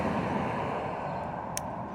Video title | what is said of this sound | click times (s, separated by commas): 3 Tips for Cleaning Fuel Injectors on a Honda CBR600RR | but it'll push in and click right into place and then positive and negative | 1.6 s